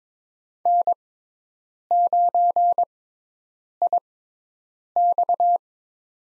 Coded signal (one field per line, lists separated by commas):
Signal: Morse code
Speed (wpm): 22 wpm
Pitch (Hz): 700 Hz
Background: none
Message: N9IX